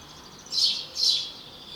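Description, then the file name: House sparrow call, two bright rasping chirps half a second apart against quiet background hiss. "Passer domesticus"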